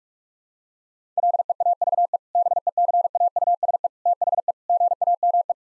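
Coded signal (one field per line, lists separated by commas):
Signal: Morse code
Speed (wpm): 46 wpm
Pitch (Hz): 700 Hz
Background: none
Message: LEAVE BECAUSE THE GAME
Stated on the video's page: Head-copy practice of sentences containing common two-word phrases, sent at 45 wpm, then repeated.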